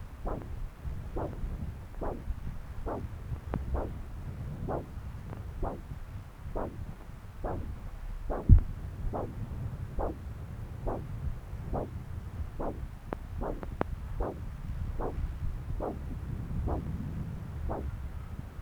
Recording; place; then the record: Doppler ultrasound of blood flow; right subclavian vein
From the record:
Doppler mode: continuous wave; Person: adult scuba diver, at rest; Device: O'Dive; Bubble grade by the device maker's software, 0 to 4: 0